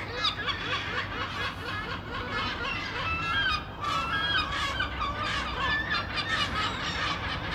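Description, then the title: Gulls calling, many overlapping squealing and mewing cries over a constant low rumble of background noise. "Γλάροι"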